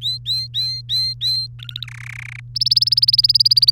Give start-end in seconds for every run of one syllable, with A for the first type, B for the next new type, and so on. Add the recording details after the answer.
0.01-1.46 A, 1.59-1.86 B, 1.88-2.40 C, 2.55-3.71 D. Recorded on 3 May 2018 at 10:53. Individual llb3